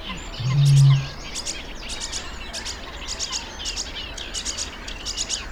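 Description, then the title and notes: Eurasian bittern booming: one deep, hollow low boom near the start, with sedge and reed warblers chattering and whistling busily above throughout. Recorded 24 April 2015 in a reedbed, with sedge and reed warblers singing. "Bittern Sound. recorded 24th April 2015"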